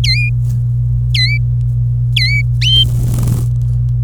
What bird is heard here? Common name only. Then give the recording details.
Domestic Canary. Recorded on 26 April 2018 at 11:31. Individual llb3